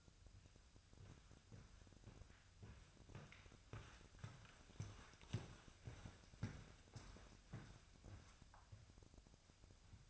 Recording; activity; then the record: daily activity, microphone in the room; walk to room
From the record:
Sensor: 2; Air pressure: 999.3 hPa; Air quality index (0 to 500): 192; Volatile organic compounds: 25 ppm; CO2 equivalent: 2845 ppm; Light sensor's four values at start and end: 7/17/7/7 and 7/17/7/7